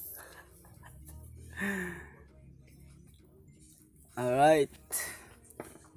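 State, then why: Not seated. During a TV backlight repair, an LCD panel or frame is handled as its plastic clips are fitted into the TV frame. Someone talks, and a short sharp sound comes at 2.7 s and another at 5.6 s. Nothing has seated or clicked yet, and the panel is not yet locked in place.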